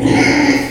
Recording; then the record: squeal of a Yucatan mini pig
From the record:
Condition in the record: before surgery on the right vocal fold (resection and tissue-engineered implant); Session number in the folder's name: 2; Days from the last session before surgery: 0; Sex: male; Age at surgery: 12 weeks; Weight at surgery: 13 kg